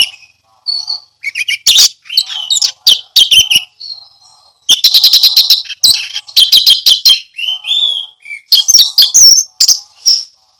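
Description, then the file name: Orange-headed thrush pours out rapid sharp notes in repeated bursts, interspersed with short whistles and brief pauses. Ngeplong song style. "anis merah ngeplong"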